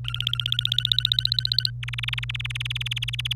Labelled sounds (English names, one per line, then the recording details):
Domestic Canary song
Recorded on 26 April 2018 at 12:33
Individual llb3